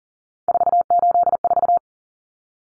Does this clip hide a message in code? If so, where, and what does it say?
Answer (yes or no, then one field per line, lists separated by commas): yes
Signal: Morse code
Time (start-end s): 0.5-1.8 s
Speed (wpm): 40 wpm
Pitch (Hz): 700 Hz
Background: none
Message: 484